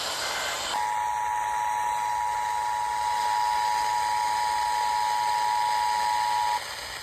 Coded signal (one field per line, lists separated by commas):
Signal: Emergency Alert System (SAME) tones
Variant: 853 and 960 Hz attention tone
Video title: Tennessee July RMT (EAS #707-708)